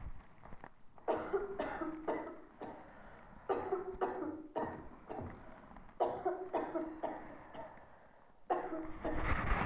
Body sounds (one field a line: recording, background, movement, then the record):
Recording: deep breathing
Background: a bystander coughing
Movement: sitting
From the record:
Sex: female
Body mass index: 36.4 kg/m2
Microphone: on the chest, facing the body